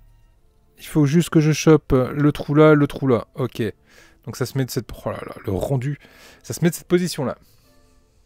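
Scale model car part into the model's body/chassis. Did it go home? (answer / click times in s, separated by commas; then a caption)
no / none. A body part for an Altaya Bugatti Veyron scale model car kit (issue 101), made of die-cast metal or plastic, is lined up with its hole in the model's body or chassis. Someone talks throughout, and no sharp sounds are heard. The part has not been pressed home, and nothing has seated or clicked yet.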